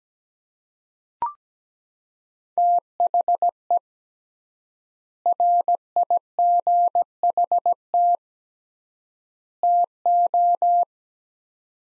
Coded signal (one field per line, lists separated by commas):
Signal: Morse code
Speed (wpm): 17 wpm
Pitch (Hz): 700 Hz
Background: none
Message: THE RIGHT TO